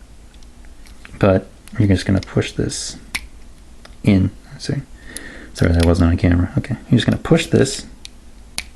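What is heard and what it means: Someone talks while handling a Macross VF-4G Lightning III transforming toy jet, pushing a plastic part toward a tiny slot meant to lock it in place, with a few short sharp handling ticks such as near 3.2 s and 8.6 s. Nothing has seated or clicked yet when the clip ends.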